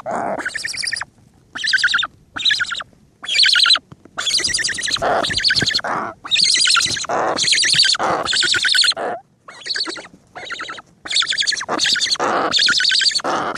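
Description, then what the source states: Cory's shearwater chicks giving harsh, nasal, buzzy calls in bursts of rapid pulses, nearly continuous with brief gaps. Calls of chicks; seabird.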